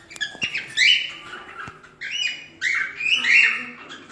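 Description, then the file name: Cockatiel singing in three short warbled phrases, each a run of bright, slurred whistles that rise and dip, with a few clicks. Lutino colour form of cockatiel, singing. "canto da calopsita lutino"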